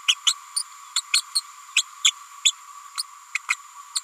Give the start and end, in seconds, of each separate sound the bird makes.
0.08-0.14, 0.26-0.34, 0.56-0.63, 0.96-1.01, 1.13-1.21, 1.35-1.40, 1.76-1.83, 2.04-2.11, 2.44-2.52, 2.97-3.04, 3.34-3.38, 3.48-3.54, 3.95-4.01